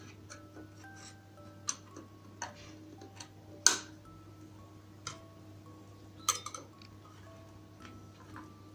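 A wiped 30-pin SIMM memory module is pushed back into its memory slot on a Copam model B1721 386DX motherboard until the latch clicks. Several light ticks and clicks are heard over a steady low hum. The loudest, sharpest click at 3.7 s marks the module seating.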